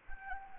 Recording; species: mosquito wingbeat signal from an infrared sensor; Anopheles gambiae